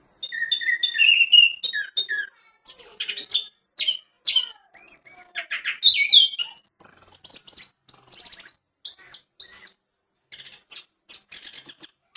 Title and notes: anis_merah. Kicau Burung Anis